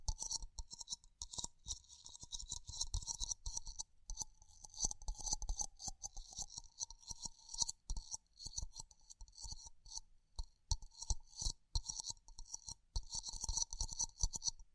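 Tingly ear exploration: dense, crackly scratching and rubbing that runs almost nonstop, full of quick bright clicks and rustles. The texture stays fast and busy, with a thin whistly ring underneath, pausing only briefly near one, four and ten seconds.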